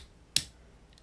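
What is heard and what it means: A hinged plastic panel on the side of a Transformers Kingdom Warpath transforming robot toy is folded against the body and pressed until it snaps into place. One sharp, bright click sounds at 0.4 s, followed by a couple of faint small ticks near 0.9 and 1.0 s. The panel is seated in the toy's body.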